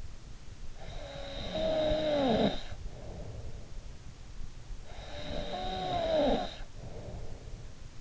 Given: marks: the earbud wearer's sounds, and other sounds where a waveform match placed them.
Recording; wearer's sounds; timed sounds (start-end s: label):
sounds in sleep by an in-ear microphone; snoring breath
0.53-4.13 s: snoring breath
4.42-8.01 s: snoring breath